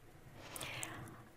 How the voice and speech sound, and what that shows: Two people, actually, who have severe speech disorder. They're saying the same utterance.